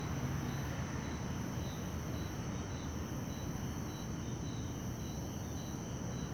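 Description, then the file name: Crickets sing a steady high trill with repeated short pulsed chirps, over a low continuous rumble. Night in Beija Flor park. "Ambiencia parque beija flor a noite com grilos, passos na grama, aviao passando e depois transito longe"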